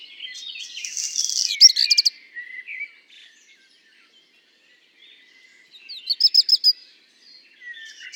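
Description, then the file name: Black redstart song: a scratchy crackling burst followed by a quick run of sharp repeated notes, then a second run near the end. Singing at Le Puech on 5 June 2021. "chant de rougequeue noir de merle noir Le Puech"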